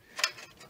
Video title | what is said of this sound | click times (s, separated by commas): How to take apart your xbox 360 slim and hotswap | put your hard drive back in until it clicks | 0.2 s